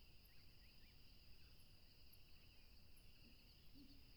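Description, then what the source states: Crickets trill constantly at two high pitches, with a few quick chirps early on, thin high ticks and one low note near the end over rushing background. Crickets recorded along a tropical river.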